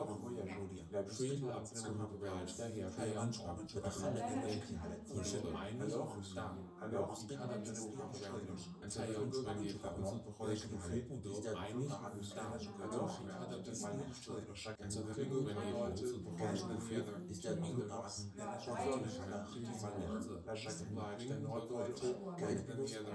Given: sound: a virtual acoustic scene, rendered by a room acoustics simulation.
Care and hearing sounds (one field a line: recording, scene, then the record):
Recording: noise of the scene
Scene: living room, symmetric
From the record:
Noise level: 70 dB SPL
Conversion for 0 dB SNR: 6.9 dB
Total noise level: 76.9 dB SPL